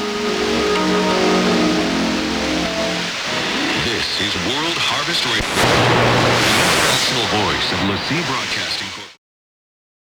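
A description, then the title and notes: Shortwave radio signals fill the clip with a dense hiss and crackle. For the first three seconds steady low tones hum beneath the static, then warbling, swooping voice-like sounds take over, with a brighter burst of noise around six to seven seconds before it cuts off near nine. Shortwave Signals. I spent some time tonight using my shortwave radio in an attempt to find new material to work with.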